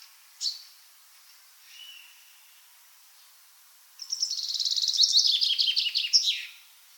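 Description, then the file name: Common chaffinch song: a brief high chip, then after a pause a fast rattling trill that descends in pitch over about two and a half seconds and ends in a sharp flourish. "Fringilla coelebs"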